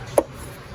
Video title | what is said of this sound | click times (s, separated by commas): 2008 Cadillac DTS Air Suspension Compressor Replacement | And plug it in, and it also snaps in right there. | 0.2 s